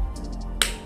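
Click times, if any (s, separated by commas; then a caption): 0.6 s. The Boa-style rotary lacing dial on a full black Kanky EXC 01 Adityalogy Soboyow Eclipse sneaker is pulled outward to free the lace tension over a steady low background hum with a few faint high-pitched blips. It gives one sharp click at 0.6 s, and the laces are released and go slack.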